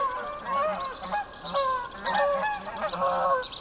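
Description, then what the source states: Canada goose: canada geese honking clearly, repeated honks from several birds, overlapping. Recorded 19 May 2007 at 04:55.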